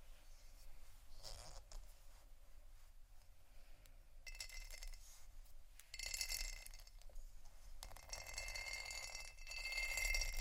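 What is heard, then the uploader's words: Plastic and glass rattle, tap and scratch against each other. The bright clattering comes in bursts, sparse early on and denser after four seconds, then builds through the last two seconds. A low rumble runs underneath throughout. ASMR for People who Don't Tingle (plastic, glass, rattle, tapping, scratching, waves ) (No Talking).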